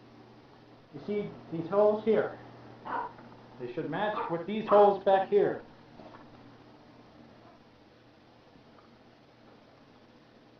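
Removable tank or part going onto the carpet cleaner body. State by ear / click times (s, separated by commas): not seated / none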